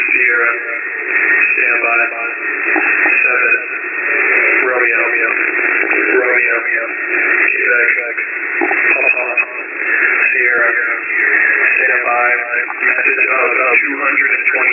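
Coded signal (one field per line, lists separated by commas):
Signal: coded military voice message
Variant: HFGCS Emergency Action Message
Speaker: And they only transmit these super long nuclear codes over 200 characters when something big is about to go down. All right. >> Romeo Romeo Sier Romeo Romeo back 227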